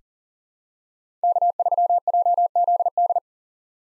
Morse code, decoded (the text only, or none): K3JZD